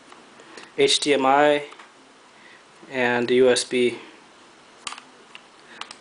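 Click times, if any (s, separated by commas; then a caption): 4.9 s, 5.8 s. The rubbery plastic dust cover over the side ports (micro SD, HDMI, USB) of a Freelander PD90 9.7-inch Android 4.1 tablet is pressed back into its port opening. Someone talks, then sharp snaps are heard at 4.9 s and 5.8 s, with smaller ticks around them. The flap is seated and fits snugly enough to keep dust out.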